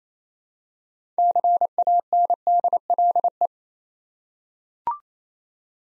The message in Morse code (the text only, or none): CANDLE